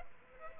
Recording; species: mosquito wingbeat signal from an infrared sensor; Culex pipiens